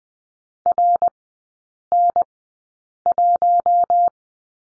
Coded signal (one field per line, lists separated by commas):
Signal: Morse code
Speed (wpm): 20 wpm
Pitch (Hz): 700 Hz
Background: none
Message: RN1